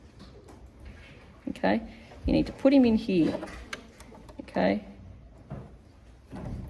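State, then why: Not seated. A bobbin case is positioned and lined up in the bobbin housing of a sewing machine before being pushed home, with faint handling noises while someone talks. Nothing has seated or clicked yet.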